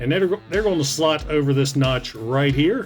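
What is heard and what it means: Someone talks over background music while the rotated plastic shoulder parts of a transforming action figure are handled to slot over a notch on its torso. The shoulders are handled but not yet home; nothing has seated or clicked yet.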